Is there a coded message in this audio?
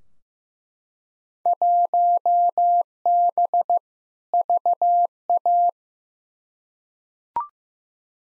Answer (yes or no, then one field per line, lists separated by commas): yes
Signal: Morse code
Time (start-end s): 1.5-5.7 s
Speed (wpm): 15 wpm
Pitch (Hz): 700 Hz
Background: none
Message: 1B VA